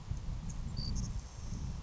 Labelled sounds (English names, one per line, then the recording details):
Savannah Sparrow
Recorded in Sonoma County, California